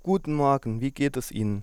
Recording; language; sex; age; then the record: spoken sentence; German; male; 20 to 29 years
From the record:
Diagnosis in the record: healthy voice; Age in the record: 20 years